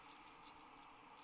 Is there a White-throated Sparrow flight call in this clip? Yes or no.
no